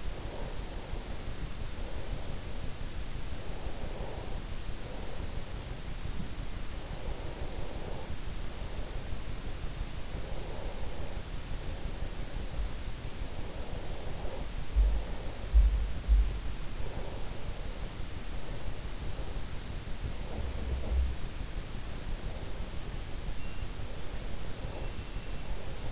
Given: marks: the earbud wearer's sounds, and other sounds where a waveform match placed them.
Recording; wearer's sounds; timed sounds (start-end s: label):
sounds in sleep by an in-ear microphone; breath
0.00-2.63 s: breath
3.14-5.71 s: breath
6.23-9.72 s: breath
10.00-12.91 s: breath
13.31-15.77 s: breath
16.40-19.37 s: breath
20.00-22.11 s: breath
22.34-25.54 s: breath